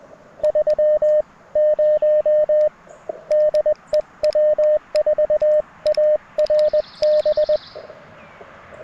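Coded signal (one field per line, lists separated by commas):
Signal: Morse code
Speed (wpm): 20 wpm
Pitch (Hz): 610 Hz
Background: radio noise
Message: 30 DE W4ARB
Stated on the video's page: QRP CW Parks on the Air activation with a Mountain Topper MTR4B and BaMaKeY paddles, rough band conditions, weaker signals than normal.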